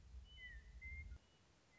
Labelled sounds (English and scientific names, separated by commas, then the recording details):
Western Meadowlark (Sturnella neglecta)
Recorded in Sonoma County, California